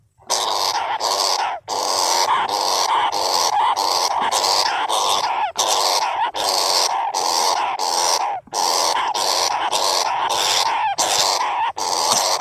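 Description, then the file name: Flying squirrel giving rough, buzzy chattering bursts in quick succession, broken by a few short silences. "tieng soc bay keu chuan nhat"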